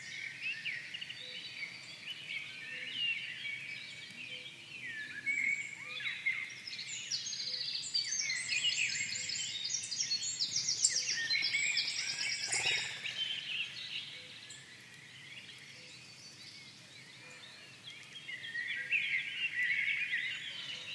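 A forest soundscape thick with birdsong, many calls overlapping in a bright chirping layer that swells busiest through the middle and thins toward the end. Trills and quick notes come from several directions, over a soft, low outdoor hush.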